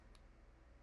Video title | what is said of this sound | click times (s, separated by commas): Ataman M2R Carbine Air Rifle Review | just locks into place as you go, and then once you're at the end, it will dead end there, | 0.2 s